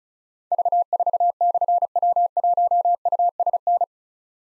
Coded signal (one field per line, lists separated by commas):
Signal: Morse code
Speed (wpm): 36 wpm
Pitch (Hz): 700 Hz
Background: none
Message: V4/W1USN